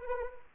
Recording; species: mosquito wingbeat signal from an infrared sensor; Anopheles arabiensis